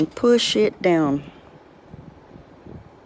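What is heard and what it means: Someone talks while a plastic typewriter key cap is set on the metal key lever tab and pushed down, followed by quiet low background noise and faint soft handling sounds. Nothing has seated or clicked yet; the cap has not snapped home.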